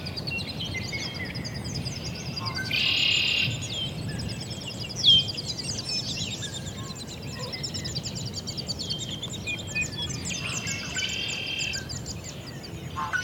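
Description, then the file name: Birds chirping and twittering in high bursts throughout, over a steady low rumble. Countryside ambience in the evening with birds. "felix blume ambience countryside evening birds"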